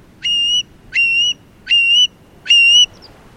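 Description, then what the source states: Long-billed Curlew calls: four clear whistled notes, each sweeping upward then holding steady, repeated about every 0.75 seconds. Sandpiper with a slender, down-curved bill up to 9 inches long; probes deep in mud for marine worms or snatches grasshoppers from grass.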